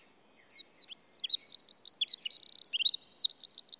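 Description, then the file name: Eurasian wren singing a bright, rushing phrase of high chips and whistles, a brief buzzy rattle in the middle, then a quick run of repeated notes. "Troglodytes troglodytes"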